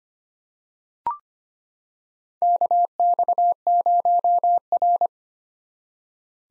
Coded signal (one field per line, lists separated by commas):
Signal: Morse code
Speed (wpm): 25 wpm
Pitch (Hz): 700 Hz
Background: none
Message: KX0R